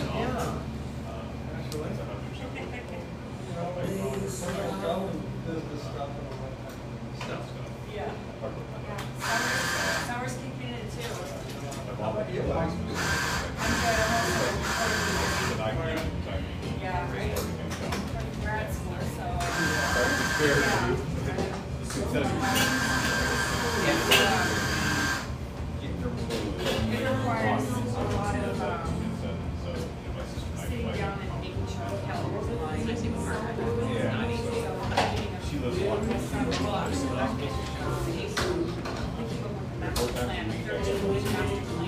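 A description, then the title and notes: Inside a small drip coffee shop, overlapping voices murmur steadily and busily throughout. Bright hissing bursts, like a steamer or grinder, cut in around 9, 14, 20 and 23–25 seconds, while low rumbling and clinks sit underneath. Seattle, Washington. Café sounds from a little drip coffee joint in eastern Seattle.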